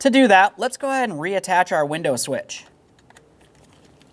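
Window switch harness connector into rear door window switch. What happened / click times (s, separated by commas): The connector is being handled but has not clicked home yet / none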